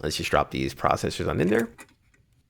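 Intel i3-12100F processors are about to be dropped into the LGA1700 sockets on a row of motherboards, with the metal retention levers to be pressed down and latched. Someone talks throughout, followed by a few faint ticks as the speech fades. Nothing has seated or clicked yet.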